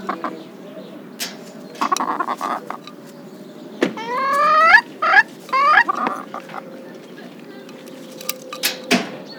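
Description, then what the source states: Chicken squawks: a burst of loud, rising, nasal cries in quick succession near the middle, with scattered knocks and clicks before and after over a low hum. Several chickens.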